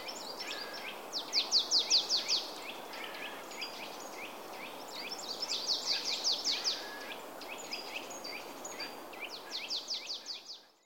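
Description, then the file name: Marsh tit with three fast chattering bursts of several high notes, interspersed with faint chirps. "Poecile palustris"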